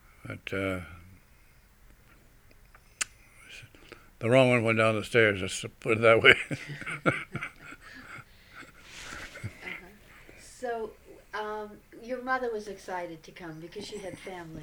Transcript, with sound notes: But the wrong one went down the stairs, let's put it that way. ( he laughs )
Do your mother was excited to come, because she had family.